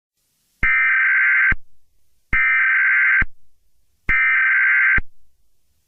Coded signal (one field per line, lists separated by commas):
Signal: Emergency Alert System (SAME) tones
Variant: header bursts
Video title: EAS scenario 9: Herobrine 3: The end is coming!